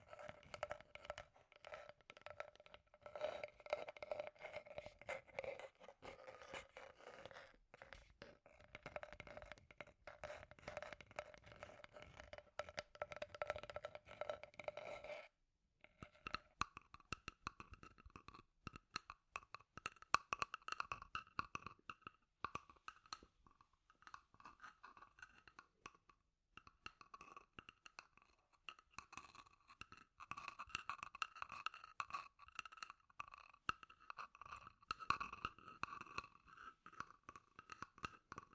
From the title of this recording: Scratchy Tapping